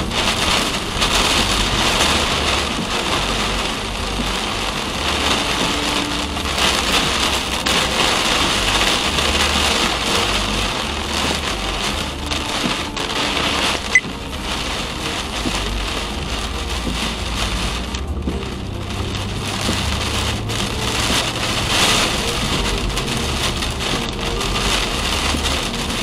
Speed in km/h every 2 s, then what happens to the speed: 59, 55, 53, 53, 56, 46, 42, 43, 52, 62, 71, 77, 80.
0-9 steady at about 55. 9-13 brakes to 42. 13-26 speeds up to 80.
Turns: 9-16.